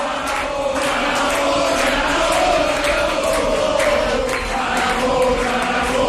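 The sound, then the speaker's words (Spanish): A crowd at election night headquarters (the sede de la Xunta) during the 2026 Aragón elections applauds steadily and loudly throughout, welcoming a politician like a hero: a dense wash of clapping with some cheering mixed in, never fading or breaking off, and no one speaking over it. “Aplausos en la sede de la Xunta.”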